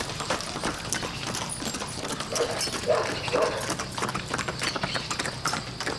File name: Cavalos trotando no asfalto com vento suave nas arvores, pessoas, cachorro, passaros